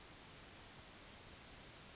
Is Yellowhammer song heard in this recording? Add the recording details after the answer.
yes. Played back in forest. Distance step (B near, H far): E. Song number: 018